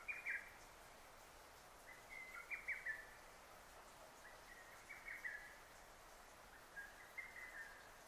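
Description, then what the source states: Lesser cuckoo with faint, repeated phrases of quick shrill notes, roughly every two and a half seconds, partly muffled by a broad hiss. Recorded on 6 June 2009.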